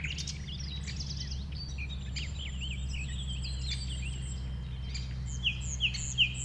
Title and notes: Un Rossignol Envers Et Contre Tout. un rossignol venu avec quelques autres s'installer sur les rives d'un ruisseau formant un étang à 1500 mètres de l'A 20. Ces moments ont été enregistrés vers 8h le dimanche 12 avril